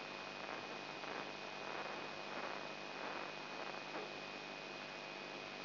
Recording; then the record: brain microelectrode recording played as sound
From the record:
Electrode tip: inside the subthalamic nucleus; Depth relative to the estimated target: -2 mm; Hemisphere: left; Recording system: AlphaMap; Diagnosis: Parkinson's disease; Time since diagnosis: 9 years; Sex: male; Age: 58 years